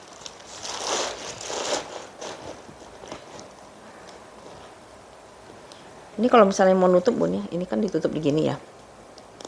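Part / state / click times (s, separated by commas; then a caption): metal clasp closing a handbag flap / seated / 9.4 s. Someone talks while the flap of a second-hand branded handbag is closed, with rustling handling sounds early on, and the metal clasp is pulled forward. The clasp snaps shut with a sharp, satisfying click at 9.4 s, seating the flap closed.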